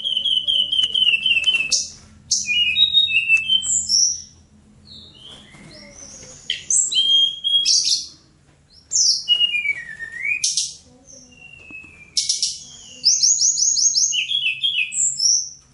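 Bird singing repeated trilled phrases, high slurred whistles and rapid chip series, in loud bursts separated by short quiet gaps.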